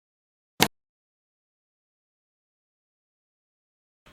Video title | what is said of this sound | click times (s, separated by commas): Mengenal RAM Lagi -- Materi RAM | pasang sambil ditekan sampai berbunyi klik mungkin | 0.6 s